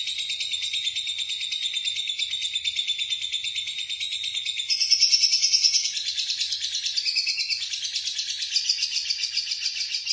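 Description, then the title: Lovebird chattering song, a dense, continuous high twittering with rapid buzzy notes. "BM Suara Burung Lovebird"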